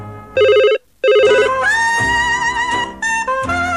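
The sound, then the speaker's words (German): A telephone rings in two bright, warbling bursts separated by a short gap, followed by a sustained electronic tone with some overlapping clatter and shifting pitches. “Das Telefon störte, als ich mitten in einem Traum war,”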